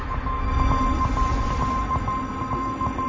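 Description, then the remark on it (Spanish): Surf rolls over a pebble beach with a continuous, rumbling wash and crackly rattles of stones, broken by scattered splashes of pups in the water; no one speaks. “Oye el ruido de las piedras de fondo. Y a los cachorros chapoteando.”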